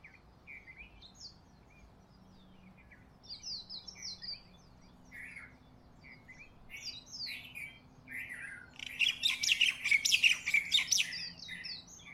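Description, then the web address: Bird song of varied chirps and short slurred whistles, scattered at first, then a loud rapid burst of harsh chattering notes near the end. Bird recorded close up in Honolulu in the morning. "Lynne Music 2 Honolulu-Morning-Bird-Close-Up-Long"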